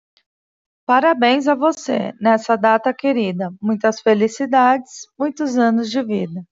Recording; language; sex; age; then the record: short text; Brazilian Portuguese; female; 30 to 39 years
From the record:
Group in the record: control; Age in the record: 38 years